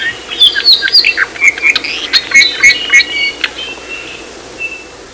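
ʻApapane song: a quick series of sharp chirps and short whistled notes, ending in a few thin sustained tones.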